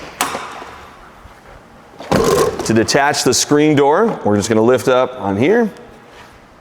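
A hand lifts up on the screen door latch of the entry door on a 2026 Airstream Flying Cloud 27FBT travel trailer to detach the screen door from the main door, with a sharp knock at 0.2 s and a rustling burst at 2.0 s. Someone talks from about 2.1 s to 5.7 s. The latch has not locked into place yet.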